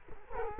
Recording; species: mosquito wingbeat signal from an infrared sensor; Culex quinquefasciatus